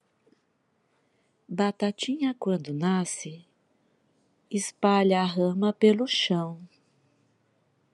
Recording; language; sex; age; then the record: short text; Brazilian Portuguese; female; 50 to 59 years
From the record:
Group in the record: control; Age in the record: 53 years